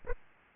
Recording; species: mosquito wingbeat signal from an infrared sensor; Aedes aegypti